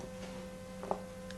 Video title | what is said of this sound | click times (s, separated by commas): striking clock part 1 | once the cover goes on you usually hear a kick this one didn't click in | none